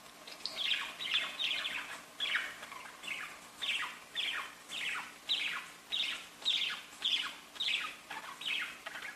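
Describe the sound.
Budgerigar calls, a steady series of short downward-sweeping chirps repeated almost twice a second, scratchy and bright, with a low hum beneath.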